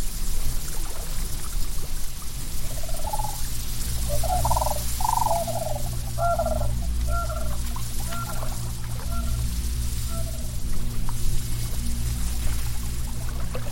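Jungle swamp ambience: a steady low drone and a constant high hiss of insects run throughout. From about three to eleven seconds, short mid-pitched calls, like birds or frogs, repeat in quick clusters over a faint trickling, watery texture.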